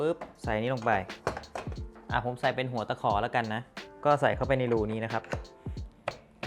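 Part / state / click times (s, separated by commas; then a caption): dough hook attachment into stand mixer drive socket / seated / 6.1 s. A dough hook attachment is pressed into the drive socket of a Bosch MUM Series 2 stand mixer while someone talks over music. It clicks into place at 6.1 s, a short, sharp snap, and the hook is seated.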